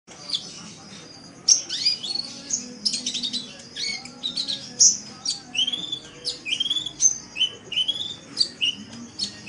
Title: Kicau Kacer